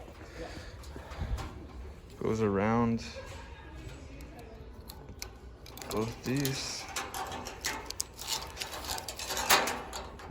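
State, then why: Seated. On a BroilMate 4 Burner BBQ being assembled, a piece is fitted around the gas line and ignition wire, which are routed through a hole in the barbecue body. Someone talks, then the piece is pushed in over scattered handling knocks and rattles. It snaps into place with a sharp click at 8.0 s.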